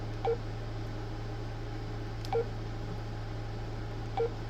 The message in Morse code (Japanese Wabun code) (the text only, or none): none